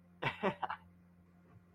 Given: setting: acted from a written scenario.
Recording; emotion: vocal sound without words; amusement